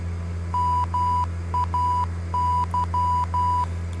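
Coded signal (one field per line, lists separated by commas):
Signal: Morse code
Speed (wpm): 12 wpm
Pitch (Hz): 990 Hz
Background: none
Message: MAY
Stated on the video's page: Simulated in Flight Simulator X during a cross-country flight.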